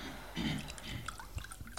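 Water is poured into a glass for a witness in a courtroom for a couple of seconds, a soft splashing stream with small bubbly, rising gurgles over a faint low rumble.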